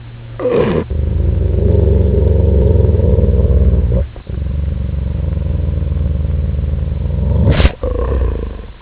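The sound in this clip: Dog growling: long, low, throaty rumbles, each holding for a few seconds, broken by short breaths.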